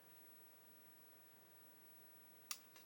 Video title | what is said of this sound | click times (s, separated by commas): 1/35 M1128 Stryker w/Miles from RFM. Part 2 | Oh, there we go. You heard it click in then. | 2.5 s